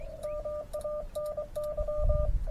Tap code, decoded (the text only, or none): none